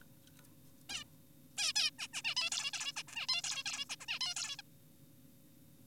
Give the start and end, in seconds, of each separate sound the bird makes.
0.90-1.04, 1.58-1.73, 1.76-1.91, 1.99-2.08, 2.13-2.22, 2.24-2.35, 2.37-2.50, 2.52-2.71, 2.73-2.92, 2.96-3.03, 3.08-3.26, 3.29-3.42, 3.44-3.64, 3.66-3.85, 3.90-3.96, 4.00-4.06, 4.08-4.19, 4.21-4.34, 4.36-4.56, 4.59-4.62